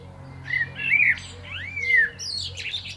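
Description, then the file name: Common blackbird song: a short phrase of mellow, slurred whistles, then a thin, squeaky high flourish at the end. "Turdus merula"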